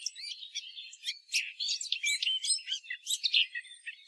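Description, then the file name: Eurasian blackcap giving a busy run of high, scratchy and whistled notes, tumbling and overlapping without pause. "Sylvia atricapilla"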